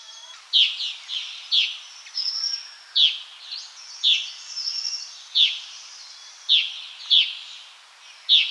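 Whiskered yuhina calls: bright, high chirps repeated at irregular intervals, some in quick pairs, over a soft steady hiss.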